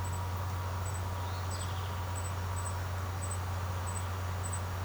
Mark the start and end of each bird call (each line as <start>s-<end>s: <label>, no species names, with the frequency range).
1.18s-2.17s: bird call (2.0-5.4 kHz)